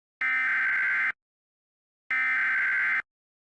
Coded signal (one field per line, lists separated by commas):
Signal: Emergency Alert System (SAME) tones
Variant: header bursts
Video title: Eas